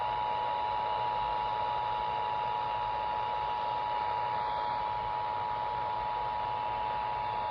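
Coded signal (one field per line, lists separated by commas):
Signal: Emergency Alert System (SAME) tones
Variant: 853 and 960 Hz attention tone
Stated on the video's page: Two required weekly tests and a required monthly EAS test.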